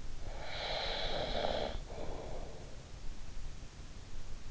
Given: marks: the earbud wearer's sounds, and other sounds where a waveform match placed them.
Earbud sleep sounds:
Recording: sounds in sleep by an in-ear microphone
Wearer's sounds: snoring breath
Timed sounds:
0.21-2.75 s: snoring breath

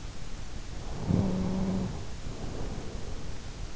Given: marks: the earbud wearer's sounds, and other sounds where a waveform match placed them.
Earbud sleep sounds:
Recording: sounds in sleep by an in-ear microphone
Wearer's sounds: snoring breath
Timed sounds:
0.74-3.34 s: snoring breath

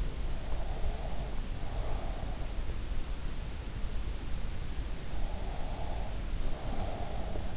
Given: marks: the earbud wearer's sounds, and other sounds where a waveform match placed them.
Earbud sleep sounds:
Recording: sounds in sleep by an in-ear microphone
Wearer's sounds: breath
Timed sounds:
0.56-2.24 s: breath
5.18-7.57 s: breath

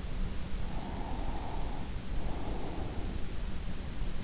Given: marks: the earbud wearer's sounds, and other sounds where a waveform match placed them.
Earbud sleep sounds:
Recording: sounds in sleep by an in-ear microphone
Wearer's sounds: breath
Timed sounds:
0.58-3.31 s: breath

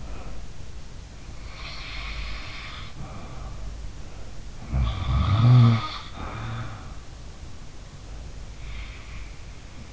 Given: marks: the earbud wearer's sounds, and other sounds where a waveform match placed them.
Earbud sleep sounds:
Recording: sounds in sleep by an in-ear microphone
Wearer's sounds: breath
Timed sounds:
0.00-0.56 s: breath
1.58-3.69 s: sound from someone else or the room
4.45-6.91 s: sound from someone else or the room
8.70-9.21 s: sound from someone else or the room

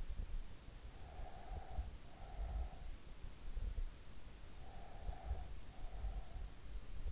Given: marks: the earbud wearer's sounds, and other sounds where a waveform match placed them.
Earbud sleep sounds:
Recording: sounds in sleep by an in-ear microphone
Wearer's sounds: breath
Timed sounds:
1.03-2.99 s: breath
4.66-7.04 s: breath

